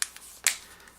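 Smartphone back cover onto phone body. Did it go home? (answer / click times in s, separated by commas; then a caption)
yes / 0.0 s, 0.5 s. The plastic back panel of a Samsung Galaxy S5 smartphone is pressed onto the phone body over the battery and snaps into place. Sharp plastic clicks sound at 0.0 s and 0.5 s, with a faint tick in between, and the cover is seated.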